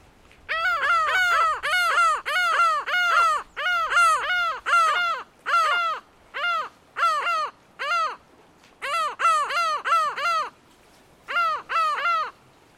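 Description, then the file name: Lava gull calling a long series of loud, nasal, arched yelps in rhythmic bursts with brief pauses, in a quiet setting. "Canto da Gaivota da Lava"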